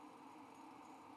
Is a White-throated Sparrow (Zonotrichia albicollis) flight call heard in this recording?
no